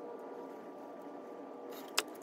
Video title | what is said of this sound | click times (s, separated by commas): FORD BRONCO TOW HITCH WIRING INSTALL USING CURT WIRING HARNESS AND THE MABETT TOW HITCH (Part 2) | then this is just going to snap right into place all | 2.0 s